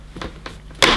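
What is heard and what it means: The plastic handle tube of a Miele Dynamic U1 Allergy upright vacuum cleaner is pushed down stiffly onto its push-fit socket on the machine body, with a few soft knocks and scrapes at about 0.2 s and 0.5 s. A sharp, loud click at 0.8 s marks the handle seating home, completing assembly.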